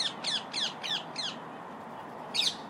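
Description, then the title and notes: Parakeet squawks: five harsh, rasping calls in quick succession, then a pause and a single squawk again. A flock of parakeets settling down for the night in Victoria Park in the evening. "A bunch of parakeets were settling down for the night in Victoria Park"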